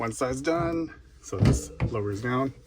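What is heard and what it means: A wire closet shelf is lowered toward its side-mounted wall bracket while someone talks, with light handling sounds between the words. The clip ends before the shelf goes home, so nothing has seated or clicked yet.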